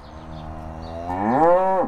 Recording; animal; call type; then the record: contact call of a hoofed animal; cattle; low-frequency (closed-mouth) or high-frequency (open-mouth) call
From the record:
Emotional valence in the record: negative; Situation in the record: physical separation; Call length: 1.88 s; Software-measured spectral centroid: 940 Hz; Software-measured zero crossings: 1230 a second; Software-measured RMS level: -22 dBFS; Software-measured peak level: -6 dBFS